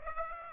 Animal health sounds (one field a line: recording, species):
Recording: mosquito wingbeat signal from an infrared sensor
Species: Aedes aegypti